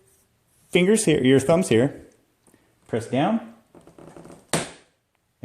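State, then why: Released. Someone talks while thumbs press down on a plastic push clip holding the grille trim in the front grille/bumper panel of a Veloster N with a mesh grill, and fingers pull it out. A loud, sharp snap at 4.5 s marks the plastic trim clip popping free, followed by a faint tick and the start of more talk.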